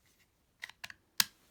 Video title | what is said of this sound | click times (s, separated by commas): Shinkansen Henkei Robo Shinkalion the Animation Shinka Gear Review | you hear it click as far as it can go and then | 1.2 s